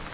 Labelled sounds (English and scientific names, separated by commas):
Virginia's Warbler (Leiothlypis virginiae) flight call